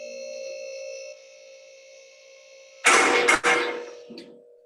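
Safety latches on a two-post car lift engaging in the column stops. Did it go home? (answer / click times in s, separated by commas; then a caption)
yes / 2.9 s, 4.2 s. Steel safety latches on a two-post car lift being raised in a garage drop into the column stops one after another, giving loud clicks at 2.9 s and 4.2 s over a steady tonal hum. The latches engage and seat.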